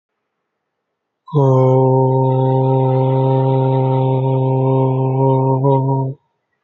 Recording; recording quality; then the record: sustained vowel as in boot; excellent, no background noise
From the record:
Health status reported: healthy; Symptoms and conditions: none ticked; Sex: male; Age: 27 years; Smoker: not ticked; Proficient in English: yes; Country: India